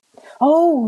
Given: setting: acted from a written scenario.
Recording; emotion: vocal sound without words; sympathy